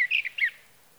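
Sage thrasher song fragment: a few quick slurred warbled notes, then quiet.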